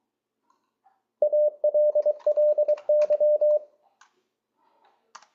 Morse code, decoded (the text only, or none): ALLY